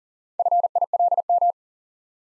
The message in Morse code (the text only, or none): FILM